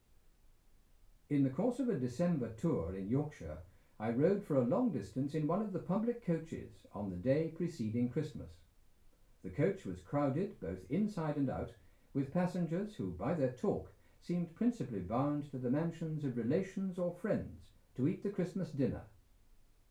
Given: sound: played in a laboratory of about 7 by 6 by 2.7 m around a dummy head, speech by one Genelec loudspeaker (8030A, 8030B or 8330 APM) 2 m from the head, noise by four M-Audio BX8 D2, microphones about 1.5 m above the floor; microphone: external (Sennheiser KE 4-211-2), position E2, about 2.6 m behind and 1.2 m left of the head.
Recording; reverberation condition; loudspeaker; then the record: male speech in English; low; 150 degrees to the left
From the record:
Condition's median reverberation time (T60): about 310 ms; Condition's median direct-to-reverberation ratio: about 3.5 dB